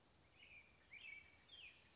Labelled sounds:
American Robin (Turdus migratorius)
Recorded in Sonoma County, California

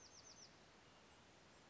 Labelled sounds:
Bewick's Wren (Thryomanes bewickii)
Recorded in Sonoma County, California

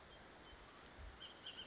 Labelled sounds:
Bullock's Oriole (Icterus bullockii)
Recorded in Sonoma County, California

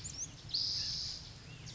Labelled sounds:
Spotted Towhee (Pipilo maculatus)
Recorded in Sonoma County, California

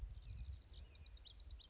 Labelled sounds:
Lazuli Bunting (Passerina amoena)
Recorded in Sonoma County, California

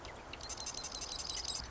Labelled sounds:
Marsh Wren (Cistothorus palustris)
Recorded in Sonoma County, California

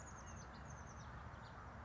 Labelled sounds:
Oak Titmouse (Baeolophus inornatus)
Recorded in Sonoma County, California

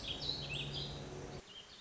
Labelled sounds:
Warbling Vireo (Vireo gilvus)
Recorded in Sonoma County, California

